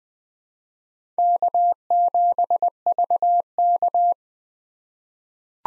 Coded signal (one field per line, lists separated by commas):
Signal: Morse code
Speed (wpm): 20 wpm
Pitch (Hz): 700 Hz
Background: none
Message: K7VK